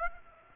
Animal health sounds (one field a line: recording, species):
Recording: mosquito wingbeat signal from an infrared sensor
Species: Aedes aegypti